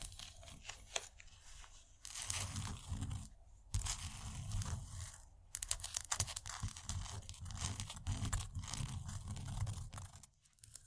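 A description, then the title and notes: Irresistible scratchy tapping, dense crinkly scraping and crunching bursts with brief pauses near three, five and ten seconds, over a soft low rumble. Irresistible Scratchy-tapping.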